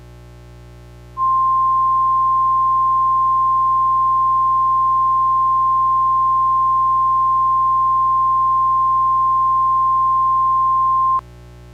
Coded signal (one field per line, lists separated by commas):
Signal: Emergency Alert System (SAME) tones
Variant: 1050 Hz attention tone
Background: music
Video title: EAS Mock 13: EXK50 Required Monthly Test